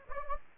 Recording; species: mosquito wingbeat signal from an infrared sensor; Anopheles gambiae